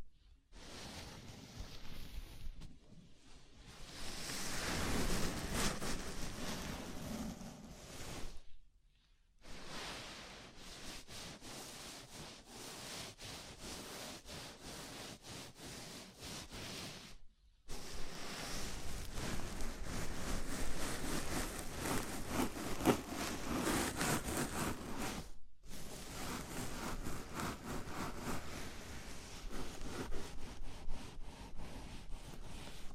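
A scalp massage: fingers rub and scratch through hair in a dense, crackling rustle that swells and fades as the strokes change pace. The rubbing is steady and fast, broken by brief pauses near 3, 9, 17 and 25 seconds.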